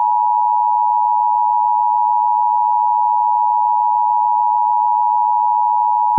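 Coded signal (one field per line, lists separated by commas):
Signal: Emergency Alert System (SAME) tones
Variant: 853 and 960 Hz attention tone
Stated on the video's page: Fictional EAS scenario.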